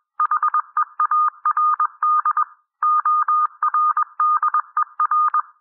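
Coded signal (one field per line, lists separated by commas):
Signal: Morse code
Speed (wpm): 21 wpm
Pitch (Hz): 1220 Hz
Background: none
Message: HEARD ORDER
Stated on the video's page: Morse reading practice at 18 to 21 wpm.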